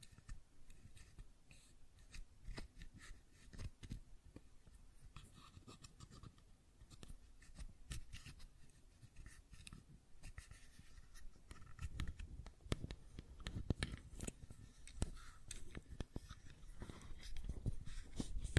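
Fidget cube tapping and clicking in quick, irregular bursts, with sharp clicks and dull low thumps growing busier and louder after twelve seconds.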